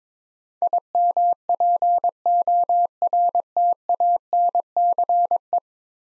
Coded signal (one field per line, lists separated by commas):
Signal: Morse code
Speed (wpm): 22 wpm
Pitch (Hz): 700 Hz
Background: none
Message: IMPORTANCE